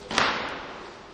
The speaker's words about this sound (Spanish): Voy a cerrar la puerta porque no es...